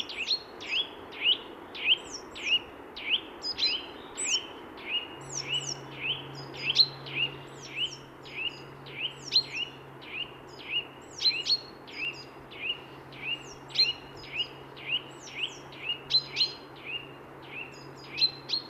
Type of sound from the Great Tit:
song